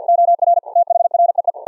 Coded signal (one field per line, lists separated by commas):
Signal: Morse code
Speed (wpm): 48 wpm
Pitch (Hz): 690 Hz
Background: none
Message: OR THREE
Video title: Secure Reliable Transport Protocol(SRT) for REMOTE RIG CW operations on a Raspberry Pi RIG interface